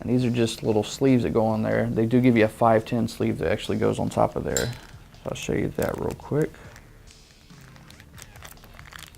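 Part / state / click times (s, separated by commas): drip tip adapter sleeve into vape tank top cap / not seated / none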